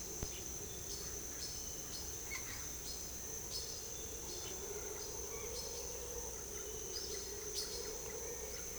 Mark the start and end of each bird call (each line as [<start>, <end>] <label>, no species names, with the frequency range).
[0.00, 8.78] bird call (3.5-5.6 kHz)